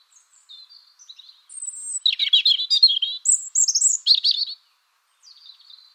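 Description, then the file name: European robin singing a rapid, jumbled phrase of high twittering notes, sharp upslurs and thin whistles, trailing off into a faint, brief closing flourish. "Erithacus rubecula"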